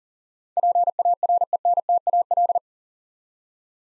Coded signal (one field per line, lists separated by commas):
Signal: Morse code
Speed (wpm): 40 wpm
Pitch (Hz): 700 Hz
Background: none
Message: PARENTAL